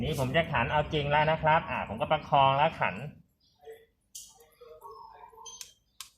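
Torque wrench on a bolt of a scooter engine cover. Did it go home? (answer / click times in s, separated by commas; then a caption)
yes / 6.0 s. A torque wrench tightens the first bolt on an engine cover of a Yamaha X-MAX 300 scooter, likely the oil filter cover, until it clicks at its set torque. Someone talks for the first three seconds, then quieter ratcheting and handling sounds follow before a sharp click at 6.0 s. The first bolt is done.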